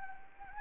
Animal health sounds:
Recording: mosquito wingbeat signal from an infrared sensor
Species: Anopheles gambiae

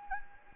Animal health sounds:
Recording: mosquito wingbeat signal from an infrared sensor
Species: Anopheles gambiae

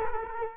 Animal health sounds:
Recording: mosquito wingbeat signal from an infrared sensor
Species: Culex quinquefasciatus

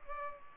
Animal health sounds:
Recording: mosquito wingbeat signal from an infrared sensor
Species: Culex pipiens

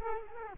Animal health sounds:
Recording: mosquito wingbeat signal from an infrared sensor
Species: Culex quinquefasciatus

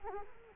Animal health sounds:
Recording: mosquito wingbeat signal from an infrared sensor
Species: Culex quinquefasciatus

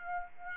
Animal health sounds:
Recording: mosquito wingbeat signal from an infrared sensor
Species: Aedes aegypti

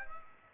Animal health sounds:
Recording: mosquito wingbeat signal from an infrared sensor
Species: Aedes aegypti

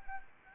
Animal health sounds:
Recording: mosquito wingbeat signal from an infrared sensor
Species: Anopheles arabiensis

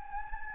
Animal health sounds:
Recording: mosquito wingbeat signal from an infrared sensor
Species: Anopheles gambiae

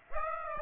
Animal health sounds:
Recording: mosquito wingbeat signal from an infrared sensor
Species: Aedes aegypti

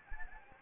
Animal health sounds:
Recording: mosquito wingbeat signal from an infrared sensor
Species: Anopheles gambiae

